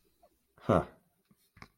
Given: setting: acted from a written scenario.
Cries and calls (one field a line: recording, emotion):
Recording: vocal sound without words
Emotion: amusement